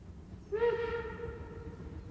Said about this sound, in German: Ja, ein Zug. Mhm. Was soll's, Professor? Der fährt ja doch durch.